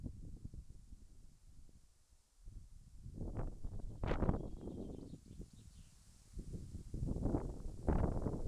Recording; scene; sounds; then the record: everyday scene through a hearing-aid microphone; wind on the microphone; wind, birds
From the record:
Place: in front of a rural house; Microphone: behind the ear, left, front